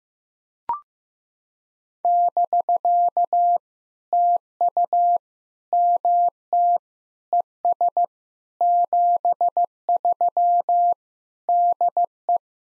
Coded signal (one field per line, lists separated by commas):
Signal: Morse code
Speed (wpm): 14 wpm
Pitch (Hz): 700 Hz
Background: none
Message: <BK> TU MT ES 73 DE